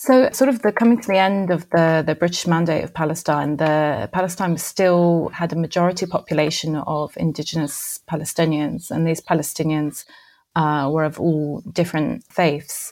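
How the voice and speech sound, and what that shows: A woman speaks fluently in a clear, steady mid-pitched voice at a relaxed conversational pace, with brief natural pauses between phrases. Articulation and voice quality are ordinary, with no hoarseness, slurring or stuttering. This is typical adult speech in a quiet indoor setting.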